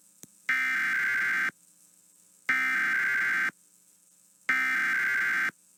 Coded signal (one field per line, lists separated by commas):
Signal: Emergency Alert System (SAME) tones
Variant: header bursts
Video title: Mid Morning FWD SVRs (EAS #19429-19430) 6/11/24